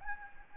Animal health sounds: mosquito wingbeat signal from an infrared sensor; Anopheles gambiae

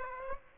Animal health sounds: mosquito wingbeat signal from an infrared sensor; Aedes aegypti

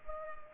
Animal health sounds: mosquito wingbeat signal from an infrared sensor; Culex pipiens

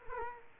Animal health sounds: mosquito wingbeat signal from an infrared sensor; Culex quinquefasciatus

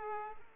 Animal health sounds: mosquito wingbeat signal from an infrared sensor; Culex pipiens

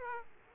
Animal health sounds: mosquito wingbeat signal from an infrared sensor; Aedes aegypti

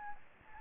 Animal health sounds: mosquito wingbeat signal from an infrared sensor; Anopheles gambiae

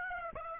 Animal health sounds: mosquito wingbeat signal from an infrared sensor; Aedes aegypti

